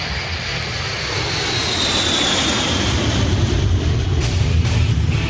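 A jet aircraft engine roars steadily for several seconds, a dense low rumble topped by a thin, high turbine whine that slowly drifts in pitch, with no voices.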